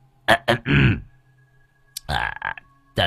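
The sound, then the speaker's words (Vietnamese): A man, the story character Ông Thầy Long, clears his throat inside a latrine in a few quick, rough bursts followed by a longer gravelly rasp, then after a pause gives another low, voiced clearing sound. “Ông Thầy Long sợ người ta đẩy cái cửa sập sệ không chốt đi vào, ông hắng giọng.”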